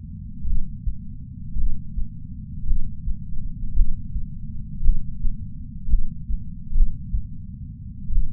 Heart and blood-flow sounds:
heart sounds by patch sensor on the chest; 55 bpm
0.43 s: heartbeat
1.55 s: heartbeat
2.64 s: heartbeat
3.73 s: heartbeat
4.81 s: heartbeat
5.87 s: heartbeat
6.71 s: heartbeat
8.09 s: heartbeat
From the record:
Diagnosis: coronary artery disease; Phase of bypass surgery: postoperative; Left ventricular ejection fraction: 51.3%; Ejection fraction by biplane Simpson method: 50.8%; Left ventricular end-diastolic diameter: 53 mm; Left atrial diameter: 44 mm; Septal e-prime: 5.6 cm/s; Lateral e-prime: 9.8 cm/s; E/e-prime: 14.5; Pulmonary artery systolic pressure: 20 mmHg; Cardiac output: 6.3 L/min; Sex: male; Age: 70 years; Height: 165 cm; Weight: 70 kg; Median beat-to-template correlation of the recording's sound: 0.86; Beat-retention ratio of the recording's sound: 1.00

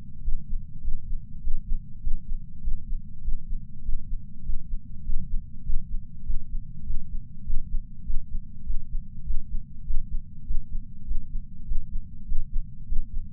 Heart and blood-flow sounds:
heart sounds by patch sensor on the chest; 100 bpm
0.21 s: heartbeat
0.81 s: heartbeat
1.40 s: heartbeat
2.00 s: heartbeat
2.60 s: heartbeat
3.21 s: heartbeat
3.82 s: heartbeat
4.42 s: heartbeat
5.02 s: heartbeat
5.62 s: heartbeat
6.23 s: heartbeat
6.83 s: heartbeat
7.43 s: heartbeat
8.03 s: heartbeat
8.63 s: heartbeat
9.23 s: heartbeat
9.83 s: heartbeat
10.43 s: heartbeat
11.04 s: heartbeat
11.64 s: heartbeat
12.25 s: heartbeat
12.85 s: heartbeat
From the record:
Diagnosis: coronary artery disease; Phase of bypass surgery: preoperative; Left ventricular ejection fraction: 69.2%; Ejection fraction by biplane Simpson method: 67.6%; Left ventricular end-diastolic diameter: 44 mm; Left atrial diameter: 34 mm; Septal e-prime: 8.5 cm/s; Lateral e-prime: 9.7 cm/s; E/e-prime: 11.5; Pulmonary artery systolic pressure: 27 mmHg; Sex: male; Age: 74 years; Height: 168 cm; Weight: 55 kg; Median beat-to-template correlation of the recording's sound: 0.94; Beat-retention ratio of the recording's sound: 0.99

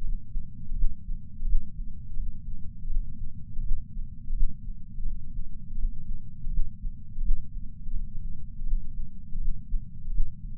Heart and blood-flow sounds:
heart sounds by patch sensor on the chest; 83 bpm
0.04 s: heartbeat
0.76 s: heartbeat
1.47 s: heartbeat
2.17 s: heartbeat
2.90 s: heartbeat
3.63 s: heartbeat
4.35 s: heartbeat
5.06 s: heartbeat
5.78 s: heartbeat
6.51 s: heartbeat
7.23 s: heartbeat
7.94 s: heartbeat
8.66 s: heartbeat
9.40 s: heartbeat
10.12 s: heartbeat
From the record:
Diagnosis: coronary artery disease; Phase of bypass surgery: postoperative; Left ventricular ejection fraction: 59.9%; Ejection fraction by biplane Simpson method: 56%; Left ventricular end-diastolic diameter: 50 mm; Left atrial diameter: 38 mm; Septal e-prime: 8.6 cm/s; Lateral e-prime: 8.8 cm/s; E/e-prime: 7.7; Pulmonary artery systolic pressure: 23 mmHg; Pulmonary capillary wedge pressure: 16 mmHg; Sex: male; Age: 69 years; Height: 160 cm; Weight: 69 kg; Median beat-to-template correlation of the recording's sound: 0.74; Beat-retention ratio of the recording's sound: 0.99

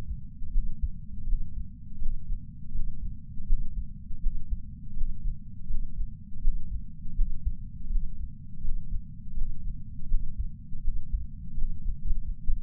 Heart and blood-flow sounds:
heart sounds by patch sensor on the chest; 80 bpm
0.51 s: heartbeat
1.25 s: heartbeat
1.99 s: heartbeat
2.72 s: heartbeat
3.45 s: heartbeat
4.19 s: heartbeat
4.94 s: heartbeat
5.67 s: heartbeat
6.40 s: heartbeat
7.14 s: heartbeat
7.88 s: heartbeat
8.61 s: heartbeat
9.34 s: heartbeat
10.07 s: heartbeat
10.81 s: heartbeat
11.55 s: heartbeat
12.45 s: heartbeat
From the record:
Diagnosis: coronary artery disease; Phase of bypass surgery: postoperative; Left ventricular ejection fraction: 39.2%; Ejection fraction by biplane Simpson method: 34.1%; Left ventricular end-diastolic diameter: 57 mm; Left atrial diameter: 41 mm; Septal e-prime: 4.9 cm/s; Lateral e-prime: 6.9 cm/s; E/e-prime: 12.9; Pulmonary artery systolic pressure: 24 mmHg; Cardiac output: 4.6 L/min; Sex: male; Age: 72 years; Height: 170 cm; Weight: 79 kg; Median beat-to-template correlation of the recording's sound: 0.87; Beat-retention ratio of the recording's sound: 0.99

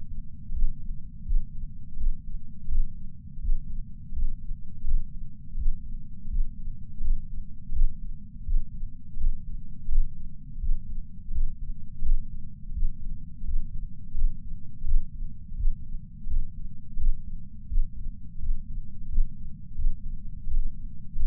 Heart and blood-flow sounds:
heart sounds by patch sensor on the chest; 84 bpm
0.52 s: heartbeat
1.24 s: heartbeat
1.96 s: heartbeat
2.68 s: heartbeat
3.39 s: heartbeat
4.12 s: heartbeat
4.84 s: heartbeat
5.55 s: heartbeat
6.28 s: heartbeat
7.00 s: heartbeat
7.72 s: heartbeat
8.44 s: heartbeat
9.17 s: heartbeat
9.88 s: heartbeat
10.59 s: heartbeat
11.31 s: heartbeat
12.02 s: heartbeat
12.72 s: heartbeat
13.44 s: heartbeat
14.14 s: heartbeat
14.84 s: heartbeat
15.55 s: heartbeat
16.27 s: heartbeat
16.97 s: heartbeat
17.67 s: heartbeat
18.38 s: heartbeat
19.08 s: heartbeat
19.74 s: heartbeat
20.47 s: heartbeat
21.15 s: heartbeat
From the record:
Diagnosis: coronary artery disease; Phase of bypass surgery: postoperative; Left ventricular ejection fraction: 60%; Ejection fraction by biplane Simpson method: 61.8%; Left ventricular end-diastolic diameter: 47 mm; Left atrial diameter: 40 mm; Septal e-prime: 4.5 cm/s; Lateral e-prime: 6.3 cm/s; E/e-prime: 20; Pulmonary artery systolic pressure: 28 mmHg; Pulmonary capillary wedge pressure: 14 mmHg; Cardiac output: 5.9 L/min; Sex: male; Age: 62 years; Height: 165 cm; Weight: 72 kg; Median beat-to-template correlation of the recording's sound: 0.87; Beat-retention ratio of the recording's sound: 1.00

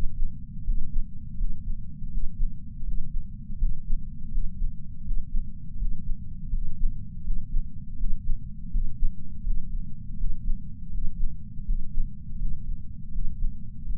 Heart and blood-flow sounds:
heart sounds by patch sensor on the chest; 82 bpm
0.63 s: heartbeat
1.36 s: heartbeat
2.10 s: heartbeat
2.83 s: heartbeat
3.57 s: heartbeat
4.30 s: heartbeat
5.03 s: heartbeat
5.77 s: heartbeat
6.50 s: heartbeat
7.23 s: heartbeat
7.96 s: heartbeat
8.69 s: heartbeat
9.41 s: heartbeat
10.16 s: heartbeat
10.90 s: heartbeat
11.64 s: heartbeat
12.37 s: heartbeat
13.11 s: heartbeat
13.84 s: heartbeat
From the record:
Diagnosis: coronary artery disease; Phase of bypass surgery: postoperative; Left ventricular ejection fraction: 59.1%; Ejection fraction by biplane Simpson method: 55%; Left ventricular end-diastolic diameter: 46 mm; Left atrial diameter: 34 mm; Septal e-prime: 8 cm/s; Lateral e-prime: 6.5 cm/s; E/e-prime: 8.7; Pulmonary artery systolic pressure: 22 mmHg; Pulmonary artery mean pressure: 11 mmHg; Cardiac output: 4.38 L/min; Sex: male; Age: 58 years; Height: 160 cm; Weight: 70 kg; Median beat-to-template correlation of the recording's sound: 0.85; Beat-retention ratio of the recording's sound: 0.99

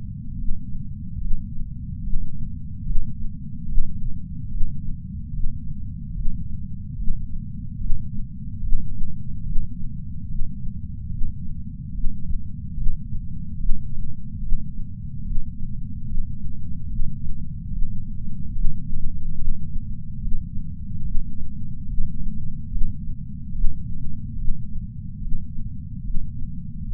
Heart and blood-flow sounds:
heart sounds by patch sensor on the chest; 72 bpm
0.34 s: heartbeat
1.17 s: heartbeat
2.00 s: heartbeat
2.82 s: heartbeat
3.64 s: heartbeat
4.47 s: heartbeat
5.30 s: heartbeat
6.12 s: heartbeat
6.94 s: heartbeat
7.77 s: heartbeat
8.60 s: heartbeat
9.42 s: heartbeat
10.25 s: heartbeat
11.08 s: heartbeat
11.91 s: heartbeat
12.74 s: heartbeat
13.56 s: heartbeat
14.39 s: heartbeat
15.21 s: heartbeat
16.04 s: heartbeat
16.86 s: heartbeat
17.69 s: heartbeat
18.51 s: heartbeat
19.35 s: heartbeat
20.18 s: heartbeat
21.01 s: heartbeat
21.85 s: heartbeat
22.68 s: heartbeat
23.51 s: heartbeat
24.34 s: heartbeat
25.18 s: heartbeat
26.00 s: heartbeat
26.84 s: heartbeat
From the record:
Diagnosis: coronary artery disease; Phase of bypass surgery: intraoperative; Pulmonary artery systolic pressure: 14 mmHg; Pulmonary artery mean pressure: 10 mmHg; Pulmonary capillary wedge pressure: 9 mmHg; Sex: female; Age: 74 years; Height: 160 cm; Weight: 64 kg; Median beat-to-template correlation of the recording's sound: 0.90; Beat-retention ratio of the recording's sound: 0.99

